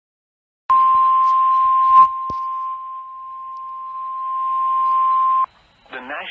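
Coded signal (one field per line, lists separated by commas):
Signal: Emergency Alert System (SAME) tones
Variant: 1050 Hz attention tone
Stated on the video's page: Real alerts including many Severe Thunderstorm Warnings, some received on a model 259 receiver.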